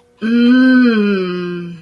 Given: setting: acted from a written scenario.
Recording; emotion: vocal sound without words; ecstasy